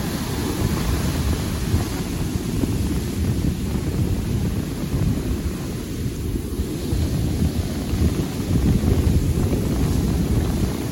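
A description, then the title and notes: Beach sounds from Florida: a steady, dense low rumble of surf and wind buffeting the microphone, unbroken for the whole stretch. Take an hour to relax with beach sounds from a Florida beach.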